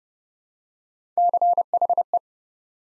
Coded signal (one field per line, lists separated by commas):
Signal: Morse code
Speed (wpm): 30 wpm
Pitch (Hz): 700 Hz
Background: none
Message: CHE